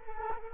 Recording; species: mosquito wingbeat signal from an infrared sensor; Culex quinquefasciatus